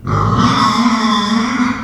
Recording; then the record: squeal of a Yucatan mini pig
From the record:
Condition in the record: after surgery on the right vocal fold (resection and tissue-engineered implant); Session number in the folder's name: 15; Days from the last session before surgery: 175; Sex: female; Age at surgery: 19 weeks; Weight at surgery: 25 kg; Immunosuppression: prednisolone